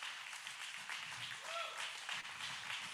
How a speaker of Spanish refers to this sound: Dale un fuerte aplauso.